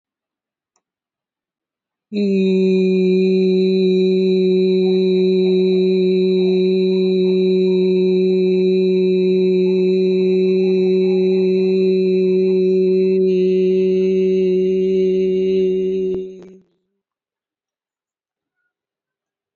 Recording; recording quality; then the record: sustained vowel as in beet; excellent, no background noise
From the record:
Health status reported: healthy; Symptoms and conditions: none ticked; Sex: male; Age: 53 years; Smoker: not ticked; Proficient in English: yes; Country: India